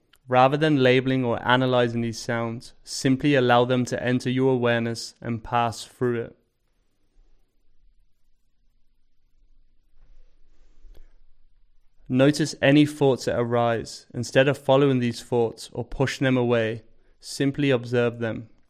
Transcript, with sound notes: Rather than labeling or analyzing these sounds, simply allow them to enter your awareness and pass through it. [Pause 10 seconds] Notice any thoughts that arise. Instead of following these thoughts or pushing them away, simply observe them